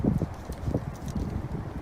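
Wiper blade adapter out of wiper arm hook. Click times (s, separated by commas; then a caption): 0.2 s, 0.8 s. An old 16-inch wiper blade is pulled down off the J-hook wiper arm of a 2010 Infiniti G37x after its locking tab is squeezed. Clicks at 0.2 s and 0.8 s are heard as the blade adapter releases out of the arm's hook.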